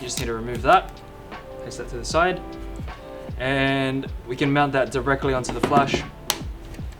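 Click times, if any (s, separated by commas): 6.3 s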